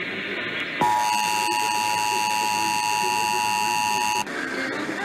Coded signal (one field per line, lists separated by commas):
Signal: Emergency Alert System (SAME) tones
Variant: 853 and 960 Hz attention tone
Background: speech